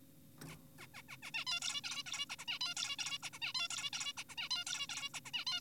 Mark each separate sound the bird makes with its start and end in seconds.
0.48-0.56, 0.79-0.87, 0.94-1.02, 1.09-1.17, 1.23-1.31, 1.34-1.45, 1.47-1.60, 1.62-1.81, 1.84-2.03, 2.06-2.26, 2.30-2.36, 2.39-2.45, 2.48-2.59, 2.61-2.74, 2.77-2.96, 2.99-3.18, 3.23-3.30, 3.33-3.39, 3.42-3.53, 3.55-3.68, 3.70-3.90, 3.93-4.13, 4.17-4.24, 4.29-4.35, 4.38-4.49, 4.51-4.64, 4.67-4.87, 4.89-5.09, 5.14-5.20, 5.25-5.31, 5.34-5.45, 5.47-5.60